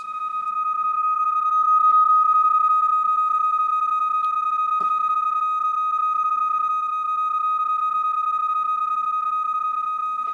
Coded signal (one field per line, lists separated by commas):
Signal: PSK31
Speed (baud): 31.25 baud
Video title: Patrick Siech & Gustav Söllscher Demonstrate Mutil-Frequency Shift Keying